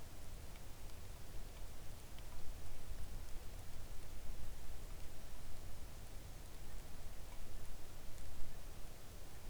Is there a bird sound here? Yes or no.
no